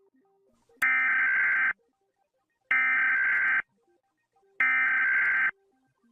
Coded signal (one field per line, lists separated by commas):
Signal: Emergency Alert System (SAME) tones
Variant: header bursts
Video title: Anguilla and Ireland Eas Alarms!